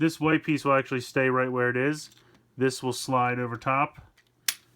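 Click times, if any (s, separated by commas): 4.5 s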